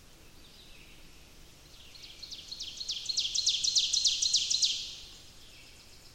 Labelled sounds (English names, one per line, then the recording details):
Ovenbird song
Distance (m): 50 m
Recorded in boreal forest in Alberta, Canada, on 28 May 2016 at 06:11
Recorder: SongMeter 3, array SBT-3-49
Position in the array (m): 84 m, 233 m
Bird 14